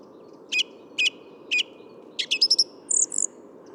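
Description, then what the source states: Song Thrush repeating a sharp note three times, then switching to a quick stuttering phrase and high whistled notes, with a low hum behind. Another song thrush, in the middle of the Bois de Vincennes wood; Thursday 14 February 2019, 8–10:30 am, sunny, almost spring-like, 3–4 °C; Nagra Seven, Telinga Pro7.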